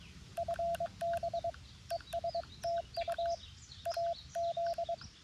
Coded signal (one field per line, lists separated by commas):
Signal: Morse code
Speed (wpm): 22 wpm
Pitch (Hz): 680 Hz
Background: none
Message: FB ESTU AZ